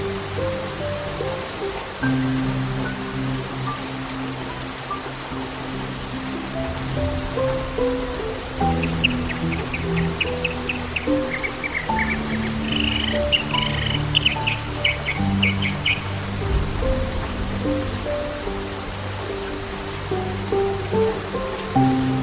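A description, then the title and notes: Slow piano notes play over steady rain hiss, with a brief burst of high bird chirps near the middle. 8 Hours Rain White Noise.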